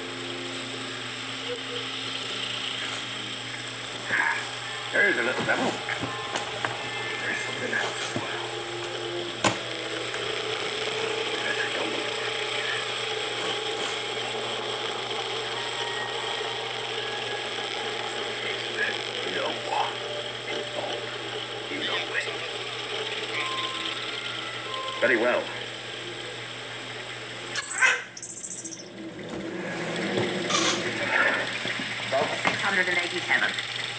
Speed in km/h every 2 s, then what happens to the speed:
4, 1, 0, 0, 0, 9, 14, 19, 20, 18, 15, 13, 10, 7, 2, 0, 0.
1-9 standing. 9-15 pulls away to 20. 15-28 slows to 2. 28-34 standing.